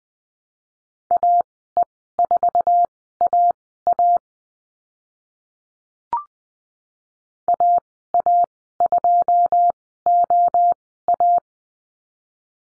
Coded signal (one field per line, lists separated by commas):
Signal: Morse code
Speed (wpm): 20 wpm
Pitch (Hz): 700 Hz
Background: none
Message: AE4AA AA2OA